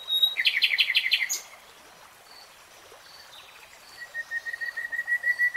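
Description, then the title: Nightingale song: a fast rattling burst of repeated notes, a pause with faint phrases, then a long rapid series of even pulsed notes. Nightingale singing in real time. "[Tiếng chim hót] REALTIME Nightingale Singing"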